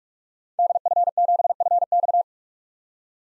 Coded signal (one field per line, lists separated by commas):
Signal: Morse code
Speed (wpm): 42 wpm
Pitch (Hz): 700 Hz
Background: none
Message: DF7FX